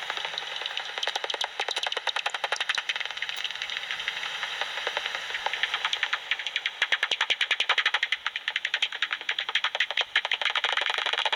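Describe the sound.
Soprano pipistrelle echolocation calls through a bat detector: rapid dry ticking clicks in uneven runs, with dense bursts in the second half.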